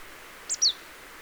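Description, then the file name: Marsh tit call: two short, sharp, very high notes in quick succession, the second slightly longer and falling, over faint steady background hiss. "Poecile palustris"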